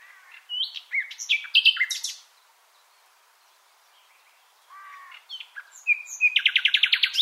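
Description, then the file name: Common nightingale singing varied phrases of sharp chirps and slurred notes, a short silence, then a low note and a fast repeated trill. "Luscinia megarhynchos"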